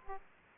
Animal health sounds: mosquito wingbeat signal from an infrared sensor; Aedes aegypti

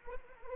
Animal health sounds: mosquito wingbeat signal from an infrared sensor; Anopheles arabiensis

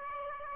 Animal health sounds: mosquito wingbeat signal from an infrared sensor; Aedes aegypti

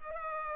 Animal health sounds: mosquito wingbeat signal from an infrared sensor; Culex pipiens

